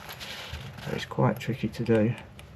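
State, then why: Not seated. During reassembly of a RODE USB microphone being repaired for a loud continuous buzzing, a small plastic retaining clip is handled and pushed toward its place in the microphone body while someone talks. Faint handling noise sits under the speech, and nothing has seated or clicked yet.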